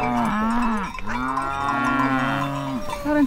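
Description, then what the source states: Cattle mooing, a drawn-out moo followed by a second longer moo, then a short call at the end, over a faint background. Free-roaming herd of cows on an alpine pasture in Val Gronda, Graubünden, Switzerland; the reporter walks through the herd.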